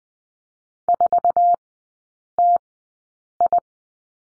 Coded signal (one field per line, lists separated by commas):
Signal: Morse code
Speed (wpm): 20 wpm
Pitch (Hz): 700 Hz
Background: none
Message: 4TI